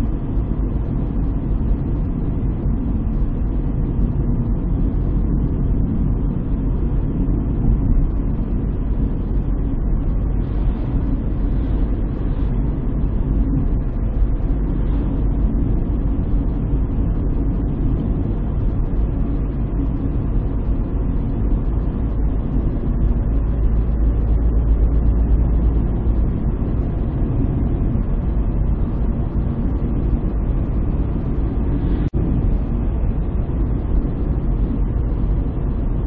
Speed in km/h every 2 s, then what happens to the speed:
55, 53, 53, 53, 54, 55, 56, 57, 57, 58, 58, 60, 62, 63, 64, 64, 63, 62.
0-36 speeds up to 62.